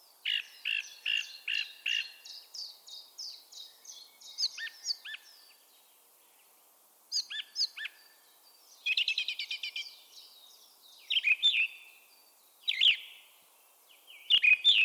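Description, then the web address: Bird calling for fifteen seconds in bursts: a long series of quick repeated high notes, then pauses broken by short chattering phrases and sharp twitters. "cianscape birddata Deverinetal 2025"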